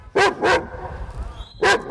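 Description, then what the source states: Dog giving barks, two close together, a gap, then two more barks. Dog judged by listeners to be a large dog that sounds threatening and dangerous.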